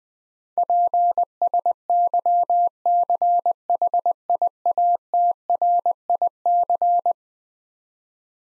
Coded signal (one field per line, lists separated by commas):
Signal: Morse code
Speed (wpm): 20 wpm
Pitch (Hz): 700 Hz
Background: none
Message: PSYCHIATRIC